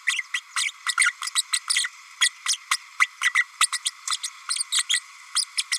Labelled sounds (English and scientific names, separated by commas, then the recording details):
Green-rumped Parrotlet (Forpus passerinus) babbling
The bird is a female
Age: 32 days
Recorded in a nest box in Venezuela
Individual 17B32A5